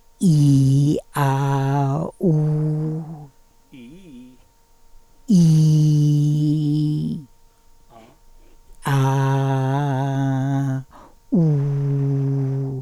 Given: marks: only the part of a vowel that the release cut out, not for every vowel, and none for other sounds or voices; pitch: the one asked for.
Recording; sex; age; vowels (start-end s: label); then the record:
sustained vowels; female; 80 to 89 years
0.27-0.89 s: vowel /i/, low pitch
1.22-1.78 s: vowel /a/, low pitch
2.27-2.84 s: vowel /u/, low pitch
5.38-6.93 s: vowel /i/, low-high-low pitch
8.96-10.65 s: vowel /a/, low-high-low pitch
11.39-12.60 s: vowel /u/, low-high-low pitch
From the record:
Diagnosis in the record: presbyphonia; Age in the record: 84 years